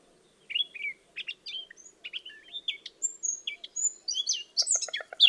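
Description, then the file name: Eurasian blackcap giving a varied warble of short chirps and whistles, ending in a rapid series of pulsed notes. "Sylvia atricapilla"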